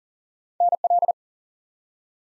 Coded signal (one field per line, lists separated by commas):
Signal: Morse code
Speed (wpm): 37 wpm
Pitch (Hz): 700 Hz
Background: none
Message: NL